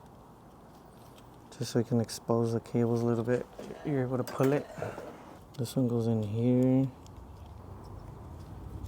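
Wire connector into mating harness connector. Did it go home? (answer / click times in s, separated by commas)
no / none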